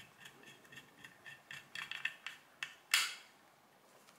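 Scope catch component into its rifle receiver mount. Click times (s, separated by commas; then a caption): 2.9 s. A metal scope catch on a Sturmgewehr 57 (SIG SG 510) rifle is turned and pressed into its receiver mount during reassembly. Light metallic ticks and scrapes build up before one loud, sharp click at 2.9 s, followed by near silence. The catch locks in place.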